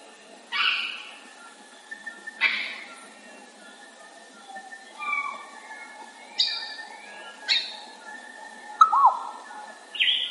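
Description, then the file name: Grey parrot vocalising: loud harsh squawks separated by quiet gaps, with short rising and falling whistles between them. "canto do papagaio cinzento"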